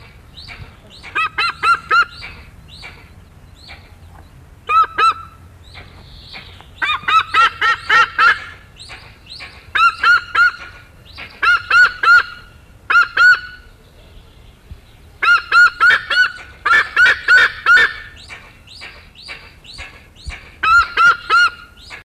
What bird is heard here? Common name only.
White-bellied Sea Eagle